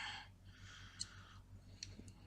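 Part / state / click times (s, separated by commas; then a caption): internal part onto its mounting hole in the hard drive / seated / 1.0 s, 1.8 s. An internal hard drive part is placed onto its mounting hole and pressed until it seats, with sharp clicks at 1.0 s and 1.8 s and a fainter tick just after 2.0 s. Broadband hiss and a low hum run underneath throughout. The part is confirmed seated on its hole.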